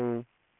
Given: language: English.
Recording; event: throat vibration sensor signal played as sound; speech